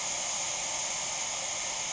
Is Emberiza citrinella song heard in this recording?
no